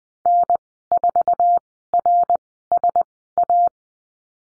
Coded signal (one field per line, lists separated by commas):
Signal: Morse code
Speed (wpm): 20 wpm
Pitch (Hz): 700 Hz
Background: none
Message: N4RSA